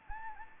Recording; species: mosquito wingbeat signal from an infrared sensor; Anopheles gambiae